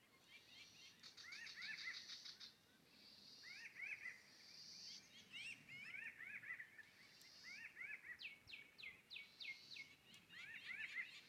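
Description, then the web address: Pinyon jays giving repeated short nasal, down-slurred calls in overlapping clusters, with higher squeaky notes mixed in. Several birds recorded at Escalante on 15 May 2022. "2022-05-15-escalante-bowington pinyon-jays"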